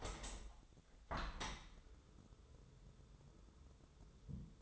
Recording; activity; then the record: daily activity, microphone in the room; open window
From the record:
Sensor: 3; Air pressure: 1014.9 hPa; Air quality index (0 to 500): 25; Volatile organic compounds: 0 ppm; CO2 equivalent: 500 ppm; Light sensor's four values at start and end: 10/22/9/9 and 10/23/9/9